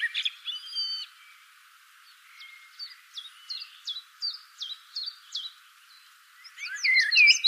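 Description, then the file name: Common blackbird calls: sharp, clipped high notes repeated about every half second, with brighter squeaky chattering bursts at the start and end. "Turdus merula"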